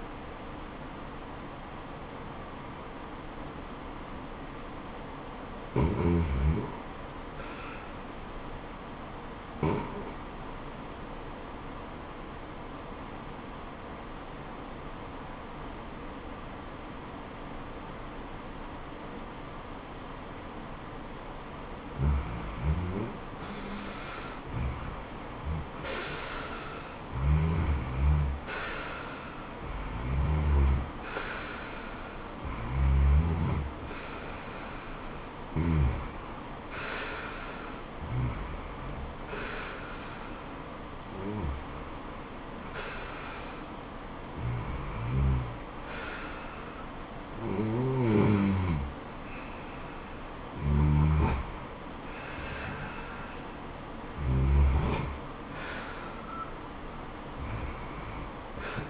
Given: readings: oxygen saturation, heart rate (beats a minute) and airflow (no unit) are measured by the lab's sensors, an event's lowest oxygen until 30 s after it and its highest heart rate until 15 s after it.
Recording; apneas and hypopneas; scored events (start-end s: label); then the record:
breathing in sleep by a voice recorder at the bedside; 1
9.00-22.20 s: obstructive apnea (REM, oxygen 95% highest, then 82% lowest, heart rate 84 at the start, 84 highest)
From the record:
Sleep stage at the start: REM sleep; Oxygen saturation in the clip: 75 to 95%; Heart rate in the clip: 74 to 87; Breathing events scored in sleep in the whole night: 426 in 7.4 hours asleep